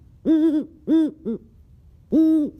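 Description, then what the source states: Great horned owl hooting: deep, rounded hoots in a rhythm of two full notes, a short clipped one, a pause, then a final long hoot. Call of the kind commonly used in films.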